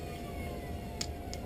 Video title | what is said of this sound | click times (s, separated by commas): Duck Dynasty Duck Commander RealTree 442 with Rx prescription Lenses | there you go when you hear the snap it is in there | 1.0 s